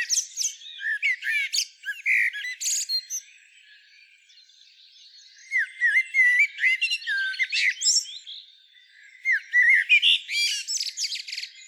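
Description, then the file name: Common blackbird calls: twittering, scratchy phrases with sliding whistles in three bouts separated by quiet gaps. "Turdus merula"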